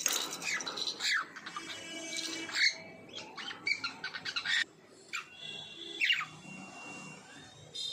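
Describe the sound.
Bird calls: a busy mix of harsh squawks, rasping notes and short chirps overlapping throughout, with several bright, sharp calls standing out.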